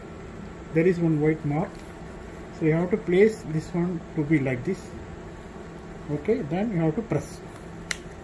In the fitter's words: click sound will come that means you are placed the correct otherwise the suction port will not work properly